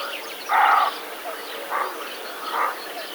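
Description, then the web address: Roe deer giving hoarse barks, one loud bark followed by two softer ones about a second apart, over a background of songbirds. "wroblowe kolekcja capreolus capreolus"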